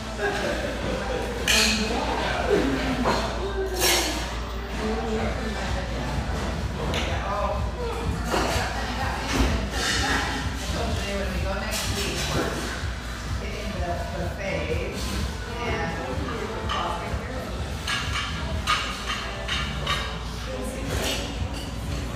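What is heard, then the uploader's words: Lively chatter fills a spacious tea room, many voices overlapping at a steady, dense level with no single speaker standing out. Sharp clinks of cups and dishes cut through every few seconds, over a low room hum and occasional thuds and shuffling. Boise, Idaho. Lively chatter from this spacious, vivacious tea room in the North End of Boise.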